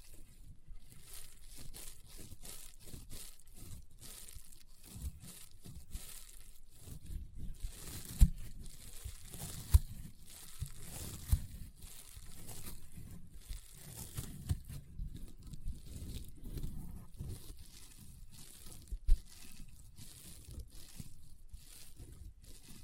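Rainbow honeycomb slime is squeezed and worked, giving a dense, continuous run of crunchy crackles and soft pops. Sharp louder pops stand out around 8, 10, 11 and 19 seconds over the steady crinkling texture, with a low rumbling underneath throughout.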